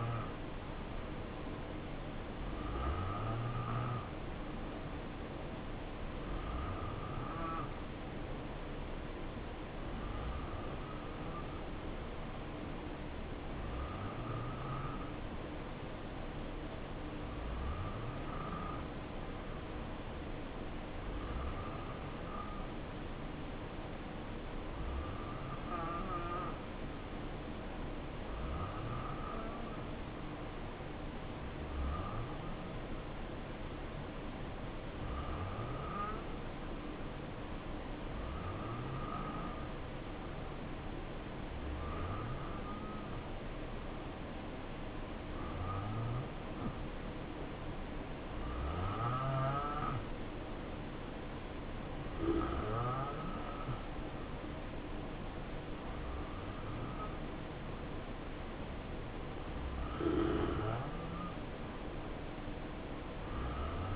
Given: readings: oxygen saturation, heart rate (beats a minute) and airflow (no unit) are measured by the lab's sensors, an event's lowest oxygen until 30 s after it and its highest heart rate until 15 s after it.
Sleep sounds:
breathing in sleep by a voice recorder at the bedside; 1
6.00-51.20 s: hypopnea (N1, oxygen 91% highest, then 86% lowest, heart rate 69 at the start, 71 highest)
11.00-63.96 s: new sleep stage, N2 (light sleep)
From the record:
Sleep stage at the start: N1 (lightest sleep); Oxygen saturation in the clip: 88 to 91%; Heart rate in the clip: 62 to 71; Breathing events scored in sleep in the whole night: 277 in 7.4 hours asleep

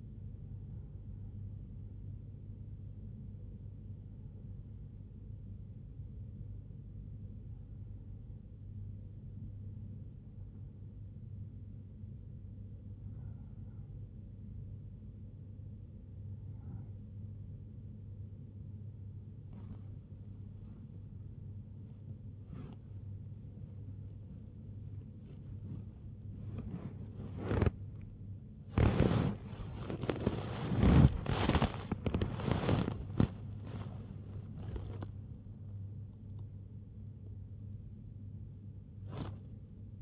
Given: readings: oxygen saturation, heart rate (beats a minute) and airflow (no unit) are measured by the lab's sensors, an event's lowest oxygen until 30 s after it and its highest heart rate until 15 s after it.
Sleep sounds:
breathing in sleep by a smartphone at the bedside; 1
4.00-28.80 s: hypopnea (REM, oxygen 96% highest, then 95% lowest, heart rate 64 at the start, 89 highest)
22.00-40.02 s: new sleep stage, N1 (lightest sleep)
From the record:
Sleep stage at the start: REM sleep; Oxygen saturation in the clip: 95 to 97%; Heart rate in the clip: 64 to 89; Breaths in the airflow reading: 10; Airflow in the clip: -3.6 to 5.5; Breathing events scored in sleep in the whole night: 51 in 8.9 hours asleep

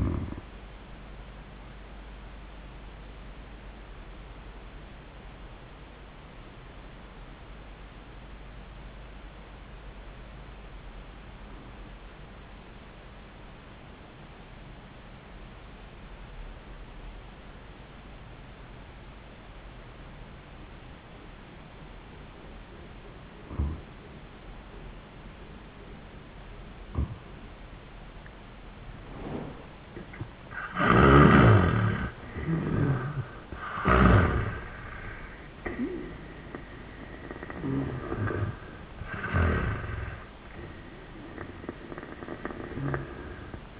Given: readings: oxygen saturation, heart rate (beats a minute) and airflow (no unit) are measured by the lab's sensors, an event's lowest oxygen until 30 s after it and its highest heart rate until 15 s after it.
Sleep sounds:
breathing in sleep by a voice recorder at the bedside; 1
4.00-31.50 s: obstructive apnea (N1, oxygen 97% highest, then 80% lowest, heart rate 88 at the start, 94 highest)
From the record:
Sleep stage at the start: N1 (lightest sleep); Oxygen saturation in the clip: 84 to 97%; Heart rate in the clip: 80 to 94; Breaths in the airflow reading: 4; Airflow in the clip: -17.8 to 8.1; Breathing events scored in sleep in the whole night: 400 in 8.7 hours asleep

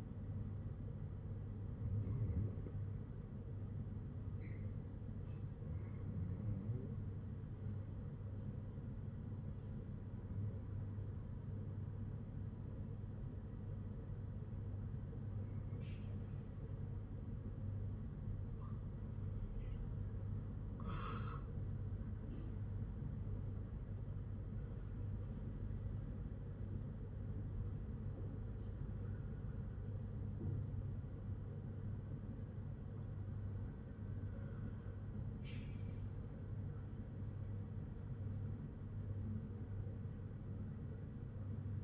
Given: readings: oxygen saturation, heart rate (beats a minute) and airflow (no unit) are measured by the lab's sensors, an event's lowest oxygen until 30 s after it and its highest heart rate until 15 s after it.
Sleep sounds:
breathing in sleep by a smartphone at the bedside; 1
3.00-15.40 s: hypopnea (REM, oxygen 97% highest, then 93% lowest, heart rate 56 at the start, 65 highest)
From the record:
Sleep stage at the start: REM sleep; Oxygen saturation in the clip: 93 to 97%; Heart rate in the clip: 54 to 65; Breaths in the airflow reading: 9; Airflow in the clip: -5.0 to 4.8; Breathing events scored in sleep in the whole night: 182 in 7.4 hours asleep

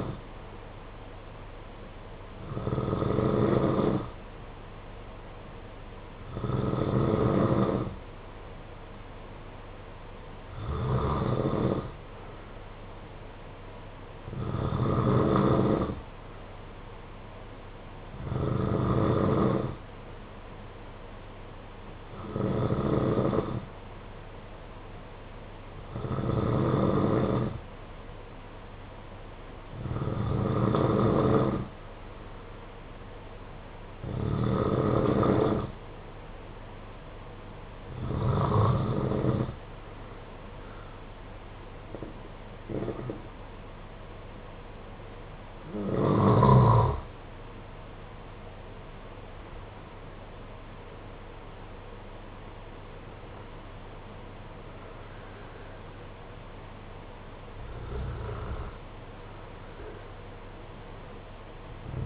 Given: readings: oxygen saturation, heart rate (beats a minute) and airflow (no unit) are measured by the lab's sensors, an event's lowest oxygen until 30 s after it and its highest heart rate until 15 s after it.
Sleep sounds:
breathing in sleep by a voice recorder at the bedside; 1
26.00-49.00 s: hypopnea (N2, oxygen 93% highest, then 92% lowest, heart rate 54 at the start, 59 highest)
From the record:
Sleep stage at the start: N2 (light sleep); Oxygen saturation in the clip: 92 to 93%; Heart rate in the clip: 53 to 59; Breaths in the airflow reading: 14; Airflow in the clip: -11.4 to 9.4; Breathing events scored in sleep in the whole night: 476 in 9.7 hours asleep

